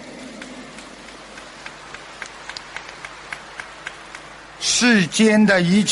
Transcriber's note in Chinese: 掌声